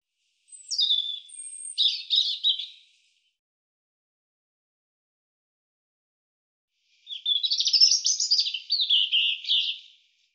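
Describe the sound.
European robin song: two phrases of thin, high, tumbling warbles and trills, each about two to three seconds long, separated by a pause of about four seconds; no other sounds.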